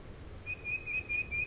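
Tufted titmouse giving a single phrase of about five clear, even whistled notes in quick succession, with faint low rumble behind.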